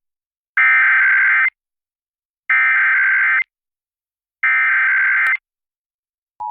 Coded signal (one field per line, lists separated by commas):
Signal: Emergency Alert System (SAME) tones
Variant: header bursts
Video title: EAS Required Monthly Test Minnesota Statewide Test +WeatherSTAR4000 (KDAL, KOWZ, KWNG)